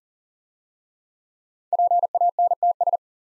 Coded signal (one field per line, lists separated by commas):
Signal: Morse code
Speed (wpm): 39 wpm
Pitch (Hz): 700 Hz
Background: none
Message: PANTS